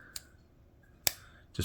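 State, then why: Seated. A folding knife's blade is opened or closed again in its slip-joint handle against the backspring. A faint click comes at 0.2 s, then the blade snaps home with a sharp, loud click at 1.1 s, followed by another knock near the end. The blade pops into place and is seated.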